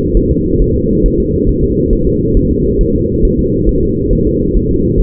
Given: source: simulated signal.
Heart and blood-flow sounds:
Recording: fetal heart sounds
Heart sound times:
0.17 s: S1
0.31 s: S2
0.62 s: S1
0.76 s: S2
1.06 s: S1
1.20 s: S2
1.49 s: S1
1.64 s: S2
1.93 s: S1
2.07 s: S2
2.37 s: S1
2.51 s: S2
2.81 s: S1
2.95 s: S2
3.25 s: S1
3.39 s: S2
3.69 s: S1
3.83 s: S2
4.13 s: S1
4.27 s: S2
4.57 s: S1
4.71 s: S2
5.00 s: S1
From the record:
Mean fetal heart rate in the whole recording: 135 bpm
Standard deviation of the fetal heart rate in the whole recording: 3 bpm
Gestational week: 36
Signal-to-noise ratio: -14.7 dB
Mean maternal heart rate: 72 bpm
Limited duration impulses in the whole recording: present

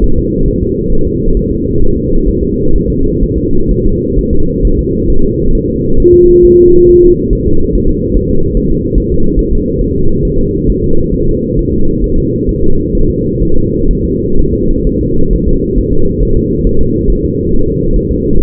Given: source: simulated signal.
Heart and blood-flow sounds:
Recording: fetal heart sounds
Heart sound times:
0.04 s: S1
0.19 s: S2
0.48 s: S1
0.63 s: S2
0.93 s: S1
1.07 s: S2
1.37 s: S1
1.52 s: S2
1.82 s: S1
1.97 s: S2
2.28 s: S1
2.43 s: S2
2.75 s: S1
2.90 s: S2
3.23 s: S1
3.38 s: S2
3.71 s: S1
3.86 s: S2
4.19 s: S1
4.33 s: S2
4.65 s: S1
4.79 s: S2
5.10 s: S1
5.25 s: S2
5.55 s: S1
5.70 s: S2
6.00 s: S1
6.14 s: S2
6.45 s: S1
6.59 s: S2
6.89 s: S1
7.04 s: S2
7.33 s: S1
7.47 s: S2
7.75 s: S1
7.90 s: S2
8.17 s: S1
8.31 s: S2
8.57 s: S1
8.72 s: S2
8.98 s: S1
9.12 s: S2
9.39 s: S1
9.53 s: S2
9.81 s: S1
9.96 s: S2
10.25 s: S1
10.40 s: S2
10.70 s: S1
10.84 s: S2
11.14 s: S1
11.29 s: S2
11.59 s: S1
11.74 s: S2
12.04 s: S1
12.18 s: S2
12.49 s: S1
12.64 s: S2
12.95 s: S1
13.10 s: S2
13.43 s: S1
13.57 s: S2
13.91 s: S1
14.05 s: S2
14.39 s: S1
14.53 s: S2
14.87 s: S1
15.01 s: S2
15.33 s: S1
15.48 s: S2
15.78 s: S1
15.93 s: S2
16.23 s: S1
16.37 s: S2
16.67 s: S1
16.81 s: S2
17.10 s: S1
17.25 s: S2
17.54 s: S1
17.68 s: S2
17.96 s: S1
18.11 s: S2
18.39 s: S1
From the record:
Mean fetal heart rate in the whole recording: 135 bpm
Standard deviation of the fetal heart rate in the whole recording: 3 bpm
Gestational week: 36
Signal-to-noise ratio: -19.1 dB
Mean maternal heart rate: 72 bpm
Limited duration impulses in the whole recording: present

